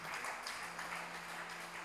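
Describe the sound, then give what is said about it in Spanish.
Audience applause for writer Luis Brasil, named cultural ambassador at the I Encuentro Pluricultural Pueblo de las Lenguas Vivas in Salta: a steady, dense patter of many hands clapping together, holding an even level throughout with no voices, over a faint low hum. “Un aplauso grande por la humildad de Luis Brasil,”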